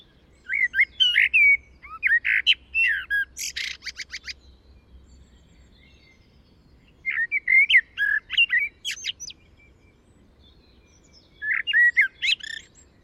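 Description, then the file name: Common blackbird singing three separate phrases, each a low fluted warble with high, squeaky twittering notes, with quiet pauses between. "Turdus merula"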